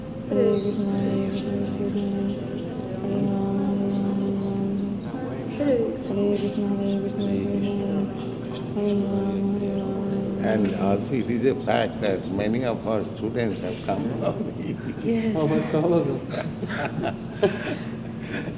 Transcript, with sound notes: And also it is a fact that many of our students have come from the hippies. [chuckling]
Almost all of them.